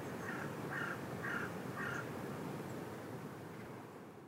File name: Corvus corone